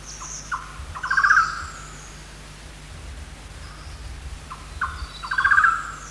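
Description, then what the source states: Golden-naped barbet call repeated twice: short clipped notes building into a quick pulsed trill, with quiet gaps between and a low steady hum underneath. Recorded 1 March 2008.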